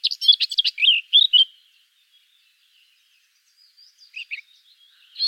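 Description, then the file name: Eurasian blackcap song: a fast burst of rich, fluty warbled notes lasting about one and a half seconds, then near silence with a few softer notes later. "Sylvia atricapilla"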